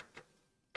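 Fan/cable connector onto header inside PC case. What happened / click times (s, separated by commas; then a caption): The small connector clicked onto its header / 0.8 s. A fan cable connector is pushed onto its header inside a PC case, reached past a fan. After two faint ticks near 0.0 and 0.2 seconds, a sharp, louder click sounds at 0.8 seconds as the connector seats firmly in place.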